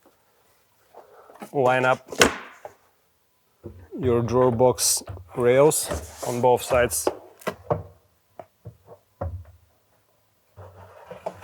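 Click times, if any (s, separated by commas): none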